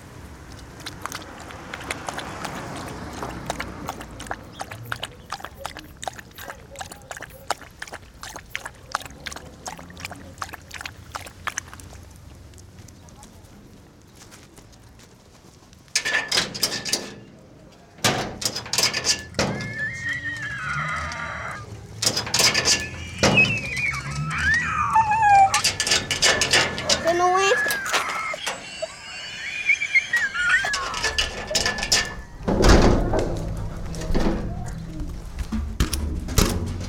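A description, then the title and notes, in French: A ground-level walk by dogs, with steady ticking clicks early on, then louder bursts, sliding squeaky tones and knocks after sixteen seconds. Une balade sonore au ras du sol, enregistrée en binaural par des chiens d’un quartier récemment urbanisé en bordure de Belo Horizonte, au sud-est du Brésil.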